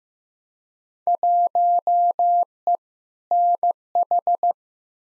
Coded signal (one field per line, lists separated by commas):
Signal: Morse code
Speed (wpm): 15 wpm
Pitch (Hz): 700 Hz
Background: none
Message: 1E NH